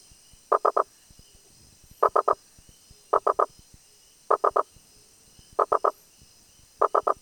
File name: Boana rosenbergi